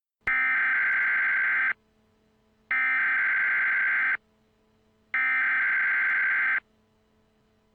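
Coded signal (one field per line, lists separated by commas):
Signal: Emergency Alert System (SAME) tones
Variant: header bursts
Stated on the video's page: Fictional EAS scenario about a dust storm in Arizona.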